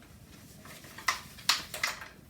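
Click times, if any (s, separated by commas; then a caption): 1.1 s, 1.5 s. On a Bugaboo Lynx stroller, a plastic textile connection piece is hooked onto the frame at an angle, rotated downwards, and pressed until its two small buttons snap through their matching holes. After faint handling noise, two sharp clicks at 1.1 s and 1.5 s mark the piece popping into place, followed by a couple of softer clacks. The piece is seated.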